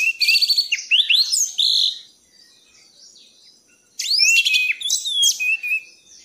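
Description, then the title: Thrush song in two rich bursts of fast, tumbling whistles and chirps, separated by about two seconds of near silence. Masteran song for tutoring cage birds; song style called gacor teler. "anis gacor teler"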